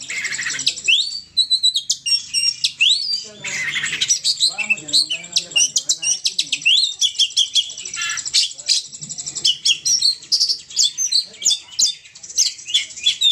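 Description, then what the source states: Oriental magpie-robin in full song: dense bursts of high whistles, twittering and buzzy rattles, phrases changing quickly throughout. Champion bird singing in 'ngobra' style.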